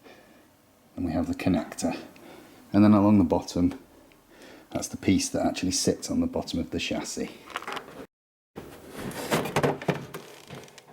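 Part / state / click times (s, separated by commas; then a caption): metal side panel onto PC case chassis / not seated / none. A metal side panel is maneuvered against an Alienware Area 51 R2 PC case chassis to line up its bottom edge before being pushed home, while someone talks. Light scraping and tapping handling sounds follow the speech, and nothing has seated or clicked into place yet.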